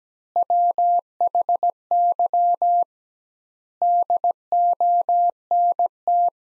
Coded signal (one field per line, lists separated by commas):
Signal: Morse code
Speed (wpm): 17 wpm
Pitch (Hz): 700 Hz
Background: none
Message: WHY DONT